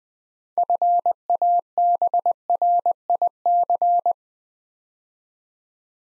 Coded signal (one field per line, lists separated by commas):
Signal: Morse code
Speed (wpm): 20 wpm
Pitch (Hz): 700 Hz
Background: none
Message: FABRIC